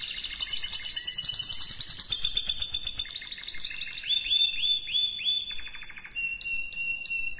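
Canary song: a dense, bright rapid trill, then looping notes repeated quickly, ending in crisp high chips.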